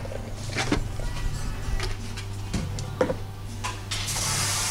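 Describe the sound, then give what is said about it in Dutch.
A coffee machine behind the bar of a traditional British pub with dark oak woodwork runs with a steady low mechanical hum, broken by short hissing and spraying bursts, then swells into a loud, continuous steam hiss at the end. “Ja, hier achter de bar ook een koffiemachine.”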